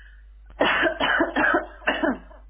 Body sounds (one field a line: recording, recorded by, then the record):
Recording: voluntary cough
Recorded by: telephone call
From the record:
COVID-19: positive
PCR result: self-reported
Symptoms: yes